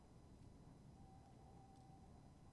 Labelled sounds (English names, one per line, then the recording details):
Tawny Owl
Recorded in Germany
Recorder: ecoPi